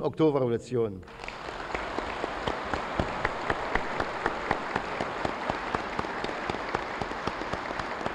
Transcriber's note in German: Applaus